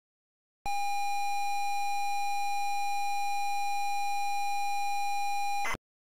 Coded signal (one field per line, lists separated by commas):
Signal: ZX Spectrum tape loading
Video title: ZX SPECTRUM Loading Fighter Pilot 1983 Digital Integration Ltd.